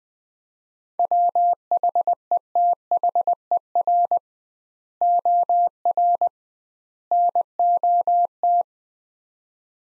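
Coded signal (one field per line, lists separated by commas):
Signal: Morse code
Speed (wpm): 21 wpm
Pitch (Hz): 700 Hz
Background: none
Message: WHETHER OR NOT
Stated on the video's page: Morse practice at 20 wpm, sets of three words for head-copy, sent with 2x word spacing, a Farnsworth-like approach applied to words.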